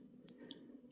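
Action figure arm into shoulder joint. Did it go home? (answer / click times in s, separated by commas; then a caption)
no / none. A plastic arm of a Tonsen third-party S.H.Figuarts-style Kid Buu action figure is lined up and pushed toward its shoulder joint, with faint handling noise and two brief sharp ticks at about 0.3 s and 0.5 s. The arm has not clicked or seated into the shoulder yet.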